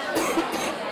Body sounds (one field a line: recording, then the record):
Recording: coughing mixed with background sound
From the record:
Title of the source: 61 morning phlegmy cough...again